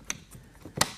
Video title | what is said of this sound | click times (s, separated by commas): PEMF8000Pro Treatment Protocol | I line my holes up, turn it to the right till it snaps in place. Snap it in place | 0.1 s, 0.8 s